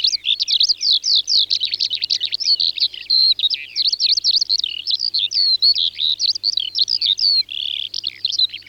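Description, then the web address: Eurasian skylark pouring out a dense, unbroken warble of quick high trills, buzzes and chirping phrases with barely a gap. "Alauda arvensis. ns svatomartinska alej"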